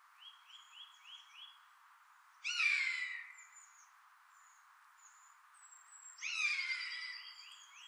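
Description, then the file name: Eurasian jay giving two harsh screeches several seconds apart, with a short series of quick rising chirps and faint high whistles. "Garrulus glandarius"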